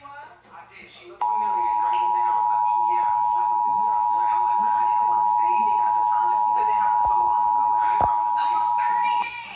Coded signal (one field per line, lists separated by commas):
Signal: Emergency Alert System (SAME) tones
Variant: 853 and 960 Hz attention tone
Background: speech